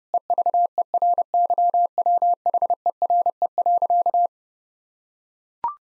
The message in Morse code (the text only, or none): EVERYWHERE.